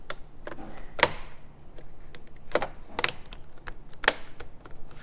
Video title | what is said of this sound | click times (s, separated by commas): 2022 Toyota Tacoma OEM Stereo Upgrade eps19 six new speakers, Major 8" Base with fade and Dual Amps. | have to put them back on so that they will lock into place | 1.0 s, 3.0 s, 4.1 s